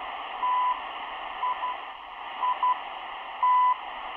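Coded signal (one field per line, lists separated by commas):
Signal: radio time signal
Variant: CHU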